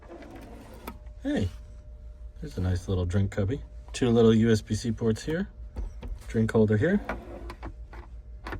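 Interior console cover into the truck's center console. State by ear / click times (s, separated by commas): not seated / none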